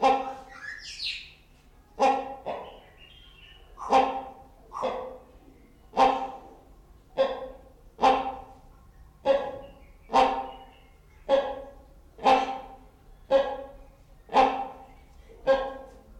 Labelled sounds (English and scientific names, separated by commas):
Common Hill Myna (Gracula religiosa)